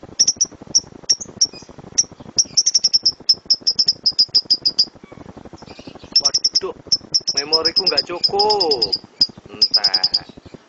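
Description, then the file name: Lovebird chattering song: rapid bursts of sharp, high chirps in quick runs with short gaps. Lower warbling, wavering notes join near the end. "lovebird dora milik jnj omkicau"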